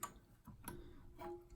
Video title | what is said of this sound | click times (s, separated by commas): How to fix leaking toilet shutoff valve | twists around don't kind of snaps in place now | 0.0 s, 0.7 s